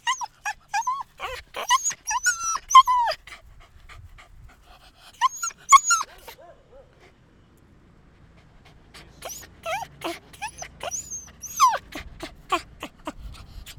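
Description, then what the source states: Dogs yelping in bursts of sharp, rising and falling cries, several in quick runs, with quiet pauses between groups. More than one dog, yelping.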